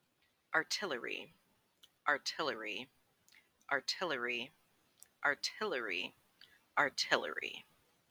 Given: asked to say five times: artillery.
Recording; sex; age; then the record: repeated word; female; 20 to 29 years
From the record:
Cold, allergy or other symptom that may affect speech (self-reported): no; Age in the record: 28 years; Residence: United States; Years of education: 14